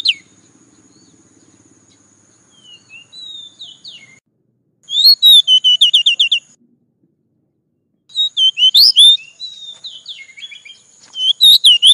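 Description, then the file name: Oriental magpie-robin singing rapid repeated whistled notes and slurred phrases, broken by pauses, with a steady faint high tone in parts. "Tieng chich choe than dat"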